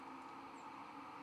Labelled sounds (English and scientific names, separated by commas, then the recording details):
White-throated Sparrow (Zonotrichia albicollis) flight call
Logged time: 11:42 on 1 December 2014